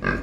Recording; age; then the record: pig call; growing-finishing pig (85 days or more)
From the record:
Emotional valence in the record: negative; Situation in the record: barren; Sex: male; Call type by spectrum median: low-frequency call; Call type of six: low-frequency stable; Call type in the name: low-frequency stable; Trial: 4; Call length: 0.23 s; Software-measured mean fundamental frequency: 48 Hz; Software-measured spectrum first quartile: 233 Hz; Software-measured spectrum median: 813 Hz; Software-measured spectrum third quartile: 1572 Hz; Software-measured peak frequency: 1602 Hz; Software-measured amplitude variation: 186 dB a second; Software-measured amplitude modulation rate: 28.2 a second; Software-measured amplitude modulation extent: 6.6 dB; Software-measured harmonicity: 0.9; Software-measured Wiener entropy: -1.28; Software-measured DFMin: 583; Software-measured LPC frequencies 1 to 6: 1621, 2499, 3774, 4424, 5241, 6713 Hz